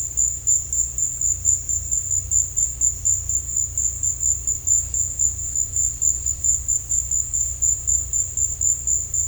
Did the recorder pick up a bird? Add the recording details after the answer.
no. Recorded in dense forest near Puerto Asís, Putumayo, Colombia, on 16 December 2024 at 15:00. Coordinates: 0.467, -76.328. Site GP05